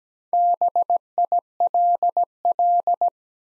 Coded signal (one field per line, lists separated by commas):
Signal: Morse code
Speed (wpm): 17 wpm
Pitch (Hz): 700 Hz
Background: none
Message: BILL